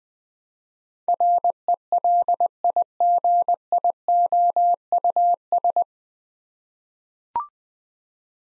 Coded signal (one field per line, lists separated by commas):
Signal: Morse code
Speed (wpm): 20 wpm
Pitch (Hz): 700 Hz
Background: none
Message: RELIGIOUS